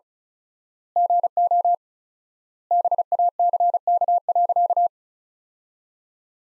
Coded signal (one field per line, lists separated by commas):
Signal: Morse code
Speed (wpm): 34 wpm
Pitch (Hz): 700 Hz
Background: none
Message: GO BACK.